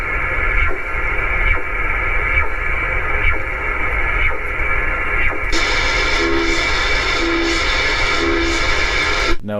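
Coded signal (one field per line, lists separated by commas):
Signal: radar signal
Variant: CODAR ocean radar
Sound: steady hiss with faint swooshing sweeps repeating roughly once a second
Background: radio static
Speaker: Kodar is used for measuring waves, wave speeds, and such like that. Um this is what it sounds like.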